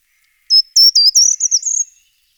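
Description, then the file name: Short-toed treecreeper song: a brief phrase of thin, very high notes, starting with separate chips and running into a quick, slightly rising jingle, given once over silence. "Grimpereau des jardins"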